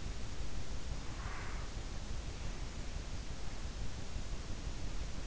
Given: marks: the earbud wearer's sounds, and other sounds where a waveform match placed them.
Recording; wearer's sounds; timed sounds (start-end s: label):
sounds in sleep by an in-ear microphone; breath
1.05-1.77 s: breath